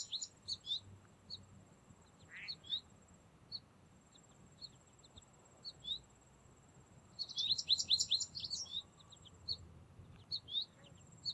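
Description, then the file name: American Goldfinch calls: short high chips scattered throughout, with a denser twittering burst of rapid notes in the latter part and a faint steady high tone. "Carduelis tristis - American Goldfinch"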